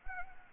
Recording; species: mosquito wingbeat signal from an infrared sensor; Anopheles arabiensis